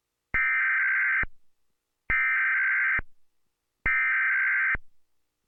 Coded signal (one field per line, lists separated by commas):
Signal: Emergency Alert System (SAME) tones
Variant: header bursts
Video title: Emergency Alert System